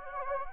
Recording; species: mosquito wingbeat signal from an infrared sensor; Anopheles gambiae